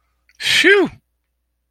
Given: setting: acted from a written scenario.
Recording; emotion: vocal sound without words; relief